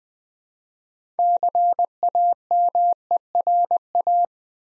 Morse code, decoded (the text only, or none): CAMERA